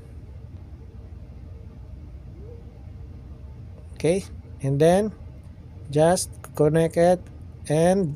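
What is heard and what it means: A battery terminal connector is lined up with the leads of a replacement UPS battery for an alarm monitoring system, after the polarity has been checked, just before plugging in. Someone talks over a low, steady background hum, with a faint brief sound at about 3.8 s. Nothing has clicked or seated yet.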